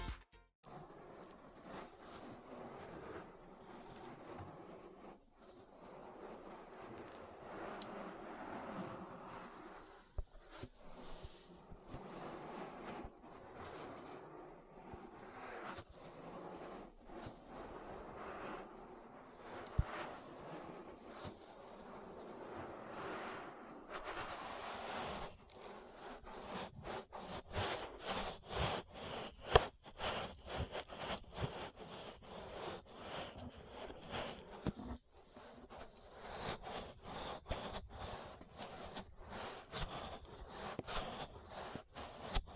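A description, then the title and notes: An ear massage with rubbing, brushing and soft scraping, smooth and swirling at first, then denser rapid crackly taps after about 25 seconds. ASMR Relaxing Ear Massage That'll Put You to Sleep (No Talking).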